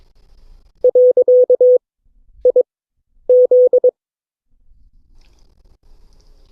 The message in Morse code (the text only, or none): .IZ